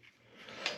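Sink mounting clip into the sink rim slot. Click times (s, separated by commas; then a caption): 0.7 s. A sink mounting clip is pushed into its slot in the rim under a drop-in sink. A low rubbing scrape builds over the first half-second, then the clip pops into place with a sharp click at 0.7 s, seating it.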